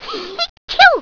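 A voiced in-breath, a brief pause, then one loud falling 'choo' burst: a single sneeze.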